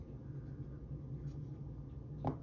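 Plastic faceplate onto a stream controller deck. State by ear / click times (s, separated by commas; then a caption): seated / 2.3 s. A replacement plastic faceplate is placed on top of an Elgato Stream Deck MK.2 stream controller and pushed down until its tabs snap into place. Over a low, steady background hum, a single short, sharp snap is heard at 2.3 seconds, and the faceplate is seated with no problems.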